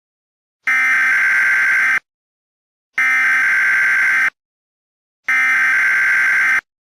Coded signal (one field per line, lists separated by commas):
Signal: Emergency Alert System (SAME) tones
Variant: header bursts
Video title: Horrorlings Part 1: Origin (Halloween EAS Scenario)